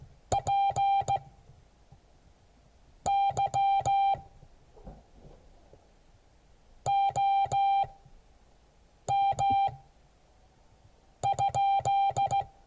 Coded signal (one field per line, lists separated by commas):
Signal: Morse code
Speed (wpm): 15 wpm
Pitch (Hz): 790 Hz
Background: music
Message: PY OM?